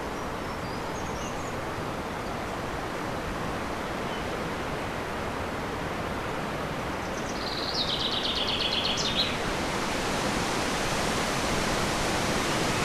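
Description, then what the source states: Common chaffinch sings one rattling trill that descends and finishes with a flourish, preceded by faint high chirps, over a heavy rushing wind. Recorded in wind on 7 May 2011 with an MZ-N710 recorder.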